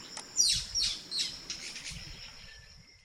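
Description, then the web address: Green-and-rufous kingfisher calls: a few sharp, high chirps dropping quickly in pitch, given in quick succession early on, then fading into a quiet background. Eastern lowlands of South America. "Natures Songs S America Eastern Lowlands. Green-and-Rufous Kingfisher"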